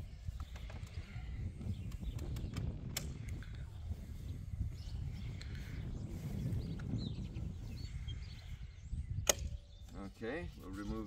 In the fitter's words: that it's locked properly so we will do that to all of the arms here